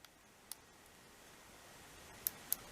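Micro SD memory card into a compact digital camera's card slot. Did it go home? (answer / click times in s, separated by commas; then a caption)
yes / 2.3 s, 2.5 s. A thin object pushes a micro SD memory card down into the card slot of a Polaroid IS048 compact digital camera, with faint ticks near 0.1 s and 0.5 s over a quiet hiss. Two sharp, bright clicks follow at 2.3 s and 2.5 s as the card latches, and the card is seated.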